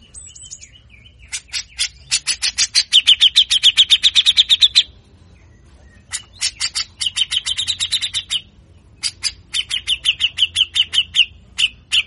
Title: MASTERAN CUCAK JENGGOT GACOR FULL BESETAN KASAR DURASI PANJANG